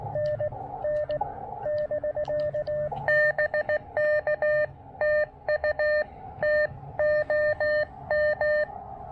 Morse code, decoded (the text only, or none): NN <BK> BK TU TOM